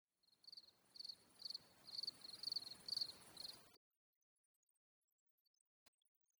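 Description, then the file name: Crickets chirping in high, shrill pulses, about two bursts a second for nearly four seconds, then stopping abruptly into silence with a faint click later. "DEUX GRILLONS"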